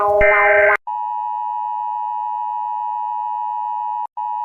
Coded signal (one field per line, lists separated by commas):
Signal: Emergency Alert System (SAME) tones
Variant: 853 and 960 Hz attention tone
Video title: WARNING!! Every Country's EAS Alarm but every time a word is repeated it loops..